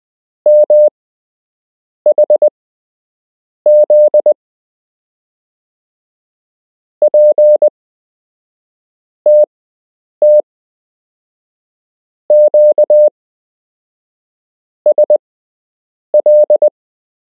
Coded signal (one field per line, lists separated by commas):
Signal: Morse code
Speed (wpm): 20 wpm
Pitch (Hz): 600 Hz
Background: none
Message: MHZ PTT QSL